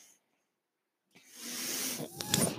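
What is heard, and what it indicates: Brief silence, then a rising steady airy hiss with faint tones: a home mechanical ventilator delivering a breath.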